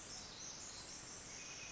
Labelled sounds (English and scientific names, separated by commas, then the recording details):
Pacific Wren (Troglodytes pacificus)
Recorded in Sonoma County, California